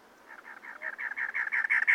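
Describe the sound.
Cactus wren song: harsh, gravelly notes repeated quickly and building steadily louder.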